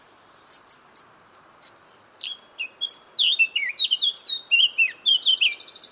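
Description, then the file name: Eurasian blackcap singing: a few thin, spaced ticks lead into a rapid fluting warble of clear whistles, ending in a short buzzy trill. "Sylvia atricapilla"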